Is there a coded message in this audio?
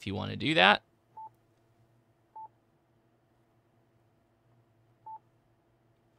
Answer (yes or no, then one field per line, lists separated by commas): no